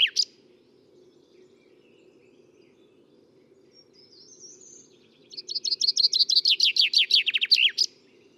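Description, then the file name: Common chaffinch: the tail of one song, faint high notes, then a full rattling descending phrase with an emphatic ending, over constant low droning noise. "Fringilla coelebs"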